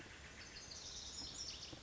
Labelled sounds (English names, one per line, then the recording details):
Lazuli Bunting
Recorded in Sonoma County, California